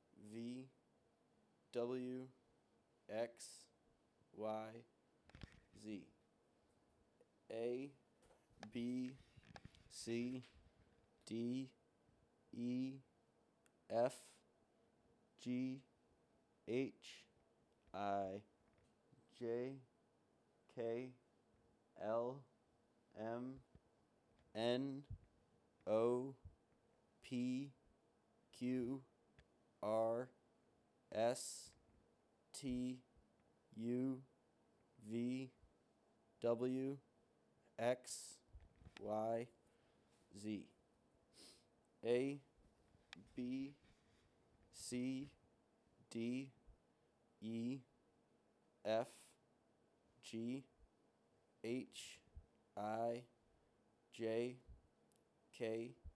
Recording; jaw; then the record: letters of the alphabet, spoken; free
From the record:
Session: seven days later